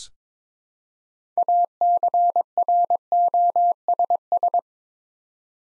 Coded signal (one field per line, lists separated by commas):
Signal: Morse code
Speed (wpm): 22 wpm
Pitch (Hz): 700 Hz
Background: none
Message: ACROSS